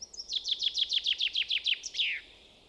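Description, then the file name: Common chaffinch singing one cheerful phrase: a run of repeated sharp notes, then a quick tumbling ending that slides downward, with little else audible. "Fringilla coelebs"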